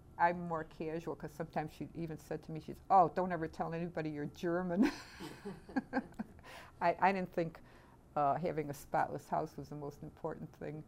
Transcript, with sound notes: I'm more casual because sometimes she even said to me, she said, "Oh, don't ever tell anybody you're German." [Laughs] I didn't think having a spotless house was the most important thing.